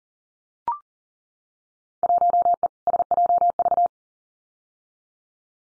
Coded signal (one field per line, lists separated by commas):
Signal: Morse code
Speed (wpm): 39 wpm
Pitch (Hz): 700 Hz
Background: none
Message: 1E SJV